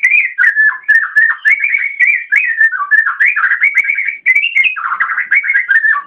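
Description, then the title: Oriental magpie-robin in full song, an unbroken flow of varied whistled and warbled notes that rise and fall quickly throughout. "Kicau Kacer"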